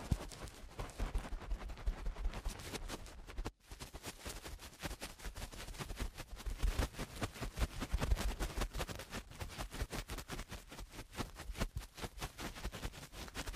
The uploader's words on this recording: Eardrum Cleaning (No Talking).